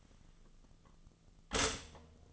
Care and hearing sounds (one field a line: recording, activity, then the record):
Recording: daily activity, microphone in the room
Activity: stop toaster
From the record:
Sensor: 4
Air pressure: 1010.0 hPa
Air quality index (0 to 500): 181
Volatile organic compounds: 5 ppm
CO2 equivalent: 1825 ppm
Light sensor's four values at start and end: 23/69/27/27 and 23/68/27/27